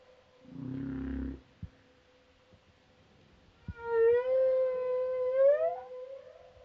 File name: humpback whale